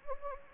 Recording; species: mosquito wingbeat signal from an infrared sensor; Anopheles gambiae